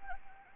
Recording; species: mosquito wingbeat signal from an infrared sensor; Anopheles arabiensis